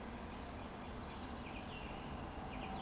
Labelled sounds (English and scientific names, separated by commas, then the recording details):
Eurasian Woodcock (Scolopax rusticola) whistle
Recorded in Baden-Württemberg, Germany, on 12 June 2020 at 19:52 UTC
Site 14569, 102 m above sea level